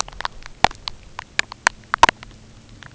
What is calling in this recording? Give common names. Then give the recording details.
none. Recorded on Arctic tundra, site UTQI-0, on 13 June 2019. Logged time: 10:00